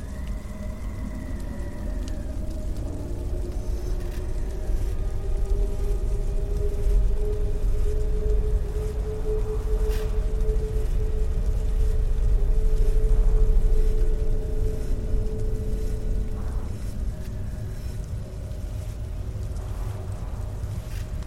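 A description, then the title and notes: Outside the old church, a heavy low rumble carries a groaning drone that swells toward mid-clip, with sharp knocks near ten, seventeen and twenty seconds. Hiding in old church/monster outside.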